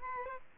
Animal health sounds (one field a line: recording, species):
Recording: mosquito wingbeat signal from an infrared sensor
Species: Aedes albopictus